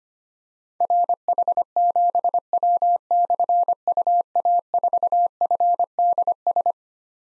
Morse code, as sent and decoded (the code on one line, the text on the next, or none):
.-. .... --... .-- -..-. ..- .- ....- ..-. -.. ...
RH7W/UA4FDS